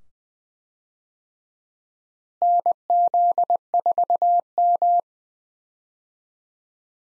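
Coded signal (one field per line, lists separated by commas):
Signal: Morse code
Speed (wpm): 20 wpm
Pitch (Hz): 700 Hz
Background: none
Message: NZ4M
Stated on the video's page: Morse call sign head-copy drill at 20 wpm: US 4-character call signs, each sent twice, then sent again.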